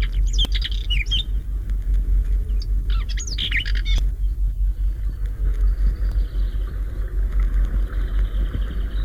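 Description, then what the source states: Whinchat giving two short, scratchy warbled phrases in the first four seconds, over a steady low vehicle rumble. Sings tirelessly from a thistle.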